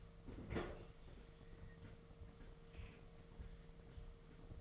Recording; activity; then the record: daily activity, microphone in the room; open fridge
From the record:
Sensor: 4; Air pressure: 1015.8 hPa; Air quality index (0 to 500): 190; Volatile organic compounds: 9 ppm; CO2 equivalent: 2190 ppm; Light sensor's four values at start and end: 11/24/10/9 and 8/17/7/7